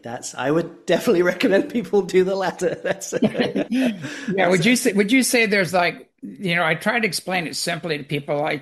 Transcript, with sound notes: That's... I would definitely recommend people (laughs) do the latter. That's... (laughs) Yeah, that's-
Yeah. Would you say, would you say there's, like... You know, I try to explain it simply to people.